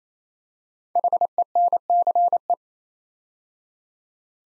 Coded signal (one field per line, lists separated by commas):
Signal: Morse code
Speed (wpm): 28 wpm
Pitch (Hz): 700 Hz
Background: none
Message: HENCE